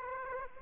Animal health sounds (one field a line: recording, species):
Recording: mosquito wingbeat signal from an infrared sensor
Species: Aedes aegypti